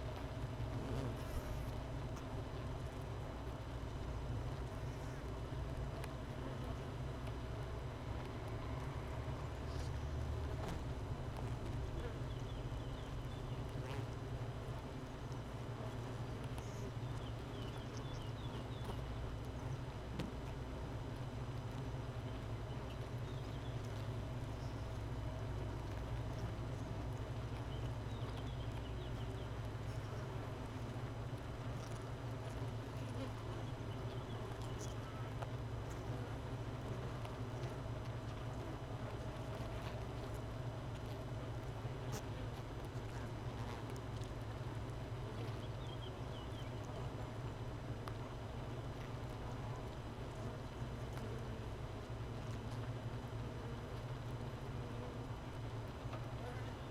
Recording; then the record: honeybee colony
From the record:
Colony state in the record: missing queen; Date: 31 May 2018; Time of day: 13:51